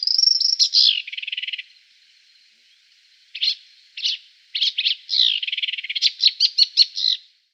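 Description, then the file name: Marsh warbler song: a buzzy rattling phrase, a pause, then bursts of scratchy chatter speeding into rapid repeated notes. "Sumpfrohrsaenger"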